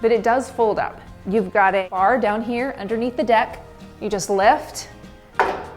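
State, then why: Seated. Someone talks while lifting the deck of a NordicTrack T 8.5 S folding treadmill by a bar underneath it into its upright storage position. A sharp knock at 5.4 s marks the storage latch catching, and the deck locks securely into place.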